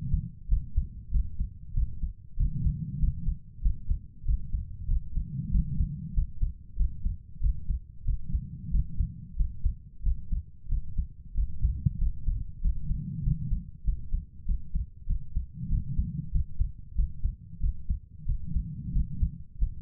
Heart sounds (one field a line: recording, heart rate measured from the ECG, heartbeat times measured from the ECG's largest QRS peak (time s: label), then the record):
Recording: heart sounds by stethoscope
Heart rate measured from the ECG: 94 bpm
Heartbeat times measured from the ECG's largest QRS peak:
0.47 s: heartbeat
1.10 s: heartbeat
1.73 s: heartbeat
2.36 s: heartbeat
2.98 s: heartbeat
3.61 s: heartbeat
4.24 s: heartbeat
4.87 s: heartbeat
5.50 s: heartbeat
6.13 s: heartbeat
6.75 s: heartbeat
7.39 s: heartbeat
8.04 s: heartbeat
8.70 s: heartbeat
9.35 s: heartbeat
10.02 s: heartbeat
10.67 s: heartbeat
11.33 s: heartbeat
11.97 s: heartbeat
12.60 s: heartbeat
13.22 s: heartbeat
13.83 s: heartbeat
14.45 s: heartbeat
15.06 s: heartbeat
15.68 s: heartbeat
16.30 s: heartbeat
16.94 s: heartbeat
17.59 s: heartbeat
18.24 s: heartbeat
18.91 s: heartbeat
19.57 s: heartbeat
From the record:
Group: healthy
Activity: rest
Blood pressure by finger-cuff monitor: 111/67 mmHg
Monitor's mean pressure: 82 mmHg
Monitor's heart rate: 95 bpm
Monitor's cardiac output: 7.5 L/min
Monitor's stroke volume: 80 mL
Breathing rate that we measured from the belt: 20 breaths a minute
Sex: female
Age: 32 years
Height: 172 cm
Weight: 71.7 kg